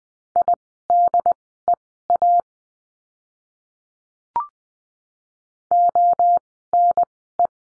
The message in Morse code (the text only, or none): IDEA ONE